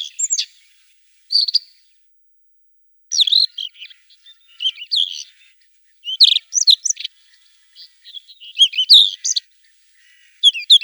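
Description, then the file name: Rufous-tailed scrub robin singing short, varied phrases of clear whistles and scratchy notes, bursts separated by pauses of up to about a second and a half. "Solovej tugajnyj"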